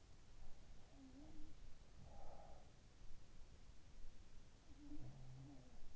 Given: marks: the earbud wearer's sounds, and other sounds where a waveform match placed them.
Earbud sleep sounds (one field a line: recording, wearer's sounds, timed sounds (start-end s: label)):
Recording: sounds in sleep by an in-ear microphone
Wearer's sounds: breath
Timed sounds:
0.78-2.95 s: sound from someone else or the room
1.71-2.95 s: breath